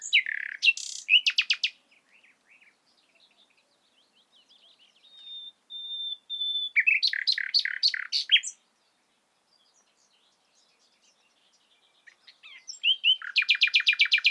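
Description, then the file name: Common nightingale song: phrases of loud, rapid repeated notes separated by pauses, including a soft, long, pure whistle held in the middle. "Luscinia megarhynchos"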